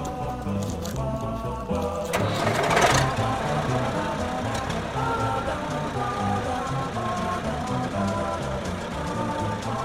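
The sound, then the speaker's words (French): A farm tractor engine starts on a farm in the Limousin, France, before stubble-tilling the soil for resowing: a loud, harsh burst of noise, then a steady, throbbing low diesel rumble with a faint whine, running for several seconds. “Je vais démarrer le tracteur, ça risque de faire beaucoup de bruit.”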